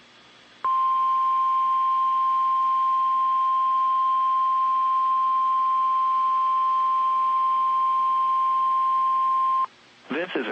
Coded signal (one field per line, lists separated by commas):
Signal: Emergency Alert System (SAME) tones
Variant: 1050 Hz attention tone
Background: speech